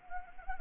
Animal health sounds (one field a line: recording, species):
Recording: mosquito wingbeat signal from an infrared sensor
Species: Anopheles arabiensis